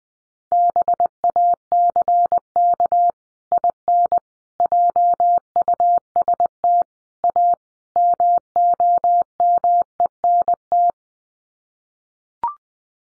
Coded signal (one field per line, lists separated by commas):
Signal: Morse code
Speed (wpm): 20 wpm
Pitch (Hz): 700 Hz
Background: none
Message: BACK IN JUST A MOMENT